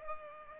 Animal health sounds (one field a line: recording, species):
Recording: mosquito wingbeat signal from an infrared sensor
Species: Culex pipiens